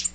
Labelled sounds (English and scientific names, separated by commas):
Tennessee Warbler (Leiothlypis peregrina) flight call